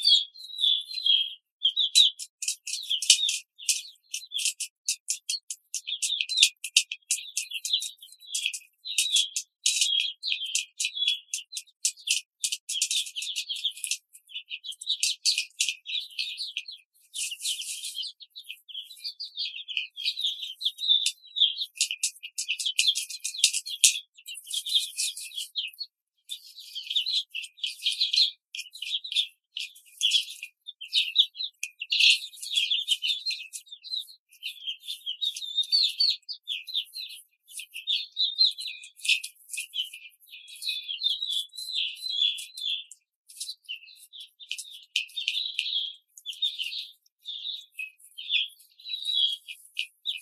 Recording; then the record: young laying hens in a cage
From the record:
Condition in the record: control cage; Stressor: none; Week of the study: 5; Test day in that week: 1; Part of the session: 1